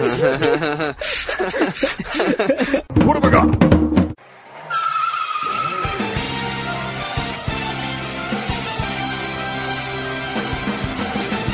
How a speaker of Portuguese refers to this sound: É o som de carro, é.